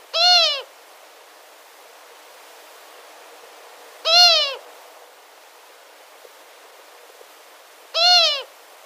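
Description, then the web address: Long-eared Owl female display call: three short wailing calls about four seconds apart, each rich in harmonics, over faint background hiss. "Schulze Peter Long-eared Owl"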